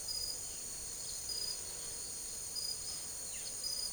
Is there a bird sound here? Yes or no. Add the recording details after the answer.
no. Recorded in secondary vegetation near Puerto Asís, Putumayo, Colombia, on 9 March 2025 at 07:30. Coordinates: 0.489, -76.322. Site G042